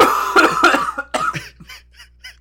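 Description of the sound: About four harsh, forceful cough bursts from an adult with a raspy voice, then fading throat sounds: coughing on purpose to clear the throat, facing away from the microphone.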